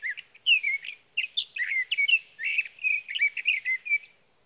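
Sage thrasher song: rapid, varied warbling phrases with sweeping slurs, pouring out without a break.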